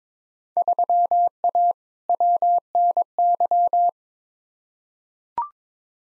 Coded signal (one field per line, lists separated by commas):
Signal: Morse code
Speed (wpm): 22 wpm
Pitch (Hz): 700 Hz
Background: none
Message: 3A WNY